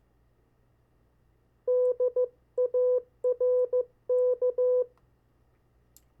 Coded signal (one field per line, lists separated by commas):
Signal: Morse code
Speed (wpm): 15 wpm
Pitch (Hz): 500 Hz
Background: none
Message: DARK